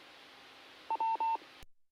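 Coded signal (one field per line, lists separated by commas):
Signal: none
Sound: repeater courtesy tone beeps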